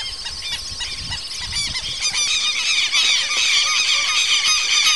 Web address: cantos tero